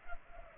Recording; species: mosquito wingbeat signal from an infrared sensor; Culex pipiens